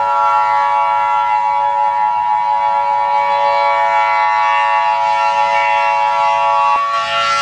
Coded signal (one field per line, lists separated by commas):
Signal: Emergency Alert System (SAME) tones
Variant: 853 and 960 Hz attention tone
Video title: ISIS Nightmare REMASTERED (An EAS Scenario)